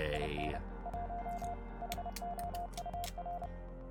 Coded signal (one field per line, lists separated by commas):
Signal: Morse code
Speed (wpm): 30 wpm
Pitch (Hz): 700 Hz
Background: speech, music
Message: IN 1 HOUR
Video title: keychain quality control, etsy orders and night vale ☾✧ [ENVtuber] [18+]